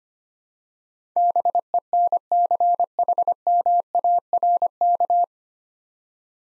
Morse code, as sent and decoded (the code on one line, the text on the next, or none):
-... . -. -.-. .... -- .- .-. -.-
BENCHMARK